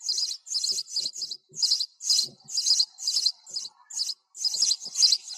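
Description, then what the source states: Chirping sparrow, quick high notes in clustered bursts with short pauses. Sparrow calling the flock together.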